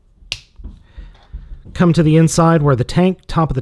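During conversion of an Iron Factory EX-11 Evil Lord transforming robot toy to tank mode, the plastic outer leg panel on the second leg is flipped and snapped into the leg. One sharp snap sounds at 0.3 s as the panel seats into place, and then someone talks.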